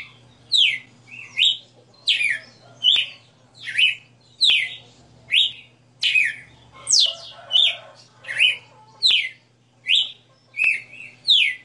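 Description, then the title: Red-cowled cardinal singing a steady series of loud, sweeping whistled phrases over a soft constant hum. Female red-cowled cardinal singing; song described as a 60-note style. "Canto Galo Campina Fêmea. Galo de Campina 60 NOTAS Cantando"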